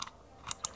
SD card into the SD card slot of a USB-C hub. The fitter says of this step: I don't know if you can hear this. It's a really nice, satisfying click for, you know, it doesn't matter, but it feels nice.